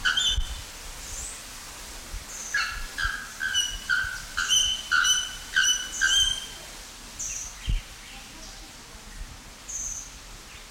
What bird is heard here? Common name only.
Bare-throated Bellbird